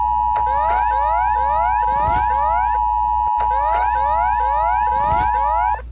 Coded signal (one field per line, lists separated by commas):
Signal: Emergency Alert System (SAME) tones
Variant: 853 and 960 Hz attention tone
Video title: SOUTHERN AMERICAN EAS ALARMS (SPECIAL)